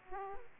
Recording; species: mosquito wingbeat signal from an infrared sensor; Aedes aegypti